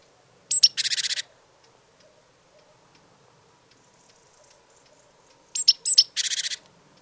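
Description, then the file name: Great tit calls, one or two high thin notes then a dry buzzy churr, given twice with a long pause between. "Parus major"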